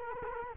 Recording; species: mosquito wingbeat signal from an infrared sensor; Culex quinquefasciatus